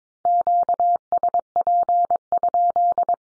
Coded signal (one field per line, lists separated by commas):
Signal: Morse code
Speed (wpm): 22 wpm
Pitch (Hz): 700 Hz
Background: none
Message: QSP?